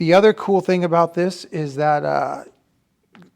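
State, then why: Seated. Someone talks, then after a pause a phone in its case is twisted onto a handlebar bike mount, and the case adapter's mechanical twist-lock engages with a sharp click at 3.2 s. The phone is seated and locked in the mount.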